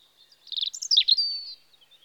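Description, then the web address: European robin song, a short run of rapid high notes ending in a thin sustained whistle. Recorded in spring. "BBC Sound Effects Library. Robin (Erithacus Rubecula) Spring"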